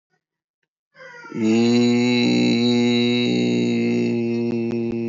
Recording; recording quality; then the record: sustained vowel as in beet; moderate, slight background noise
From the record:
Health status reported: healthy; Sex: male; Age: 43 years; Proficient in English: yes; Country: India